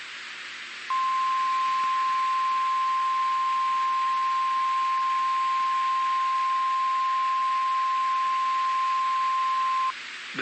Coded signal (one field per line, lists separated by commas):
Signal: Emergency Alert System (SAME) tones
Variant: 1050 Hz attention tone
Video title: AM I GOING INSANE?! - Weather Alerts from 8/13/2025 (EAS #432-#441)